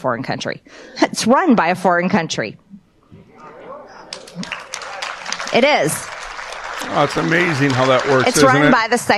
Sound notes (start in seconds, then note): 0.8 laughs; 4.1 applause